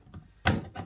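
The top clip-on hinge of a cabinet door in a media wall is pushed onto its mounting plate. A faint knock at 0.1 s precedes one sharp click at 0.5 s, followed by a softer rustle near 0.8 s. The hinge clips onto its plate and is seated.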